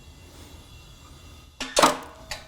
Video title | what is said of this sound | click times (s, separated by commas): Snap-on Transmission Jack - Snap-on Tool Tips | Just at about halfway. - Yup, and then it's locked in here, so if the air disconnects or you lose air pressure, it's not just gonna collapse down. | 1.6 s, 1.8 s